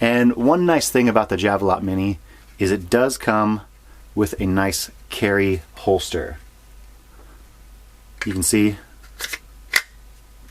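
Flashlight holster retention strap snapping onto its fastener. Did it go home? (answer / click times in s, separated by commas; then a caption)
yes / 9.8 s. Someone talks about the carry holster for an Olight Javelot Mini flashlight, then pushes the holster's retention strap down onto its fastener. A single sharp click at 9.8 seconds marks the closure snapping shut and fully engaging.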